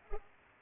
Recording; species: mosquito wingbeat signal from an infrared sensor; Culex pipiens